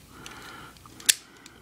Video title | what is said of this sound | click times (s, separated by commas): Transformers TFC: Neckbreaker (Bonecrusher) French Review | si petite troupe les quatre ou six se clipse ici comme ça | 1.1 s